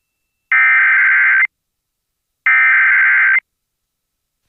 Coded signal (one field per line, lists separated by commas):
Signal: Emergency Alert System (SAME) tones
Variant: header bursts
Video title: [EAS] WYFL - Tornado Warning Activation (3) - 8/8/2024